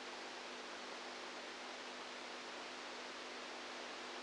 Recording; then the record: brain microelectrode recording played as sound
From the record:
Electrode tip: outside the subthalamic nucleus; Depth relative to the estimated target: -6 mm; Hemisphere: right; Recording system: NeuroSet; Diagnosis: Parkinson's disease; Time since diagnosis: 10 years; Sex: female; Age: 67 years